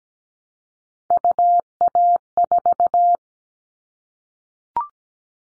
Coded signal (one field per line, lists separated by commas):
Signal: Morse code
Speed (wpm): 17 wpm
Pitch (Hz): 700 Hz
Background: none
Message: UA4